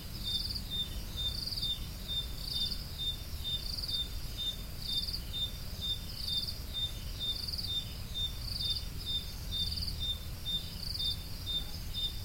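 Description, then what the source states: Crickets give high, even chirps at a quick regular pace, around two each second, with a pulsing higher buzz layered above and a constant low rumble underneath. Recorded at Roodekopjes.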